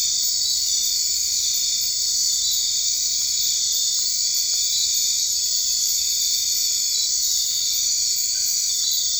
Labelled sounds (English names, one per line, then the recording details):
none
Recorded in dense forest near Puerto Asís, Putumayo, Colombia, on 21 March 2025 at 23:00
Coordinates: 0.485, -76.318
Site G056